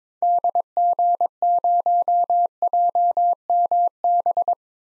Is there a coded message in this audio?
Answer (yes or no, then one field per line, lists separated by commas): yes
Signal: Morse code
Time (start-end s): 0.2-4.5 s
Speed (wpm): 22 wpm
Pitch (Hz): 700 Hz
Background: none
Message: DG0JMB